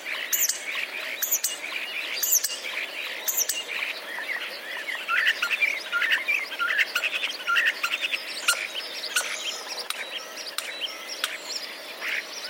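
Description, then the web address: Common starling song: a dense, continuous chatter of squeaks, clicks and warbled notes, with a few sharp high ticks at the start. Starling song including mimicry of sparrow sounds; recorded 10 April 2023. "wroblowe zapozyczenia szpaki 10 04 2023"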